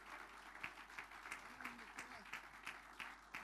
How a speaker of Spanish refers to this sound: Bríndese fuerte aplauso, alabanza al Señor, y recibimos a nuestro hermano acá.